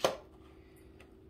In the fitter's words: oh there we go just locks into place